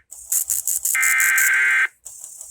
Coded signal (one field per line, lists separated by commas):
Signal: Emergency Alert System (SAME) tones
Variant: header bursts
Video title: SPECIAL GUEST APPEARANCE! EAS Tests from May 2023